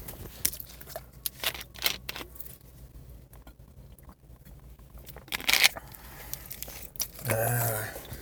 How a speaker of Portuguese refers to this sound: Peraí, deixa eu dar um outro gole de água aqui.